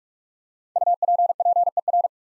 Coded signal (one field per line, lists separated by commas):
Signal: Morse code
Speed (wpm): 44 wpm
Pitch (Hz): 700 Hz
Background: none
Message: UPPER